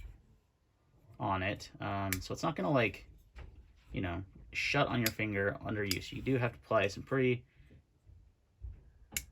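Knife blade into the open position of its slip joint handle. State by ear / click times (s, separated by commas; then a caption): seated / 9.2 s. Someone talks while the blade of a small top-flipping Monterey Bay Knives Laconico EW1-A slip joint folding knife is pushed open against its spring with firm pressure. At 9.2 s the blade snaps into its open position in the handle with a sharp snap, seated though not locked.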